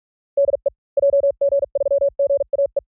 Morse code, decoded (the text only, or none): DE JG3GAE